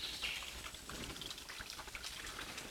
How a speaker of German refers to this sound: Jetzt weiß ich auch, warum das hier nach einem komischen Bach klingt.